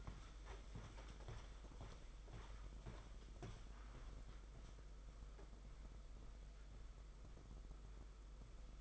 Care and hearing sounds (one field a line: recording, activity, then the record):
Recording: daily activity, microphone in the room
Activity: walk to room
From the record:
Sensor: 5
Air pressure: 991.3 hPa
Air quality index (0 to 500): 93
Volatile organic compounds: 12 ppm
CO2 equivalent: 2356 ppm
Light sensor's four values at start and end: 29/74/32/35 and 35/117/44/47